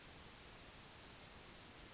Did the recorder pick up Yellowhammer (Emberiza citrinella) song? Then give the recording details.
yes. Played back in forest. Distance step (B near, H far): E. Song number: 025